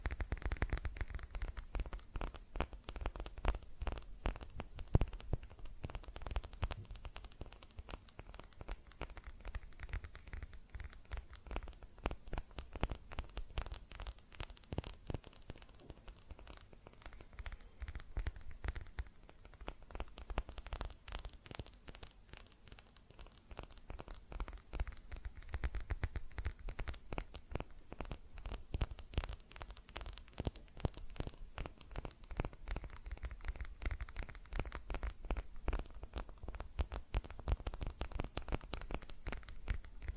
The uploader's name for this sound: Fast Tapping on GlassCeramic Objects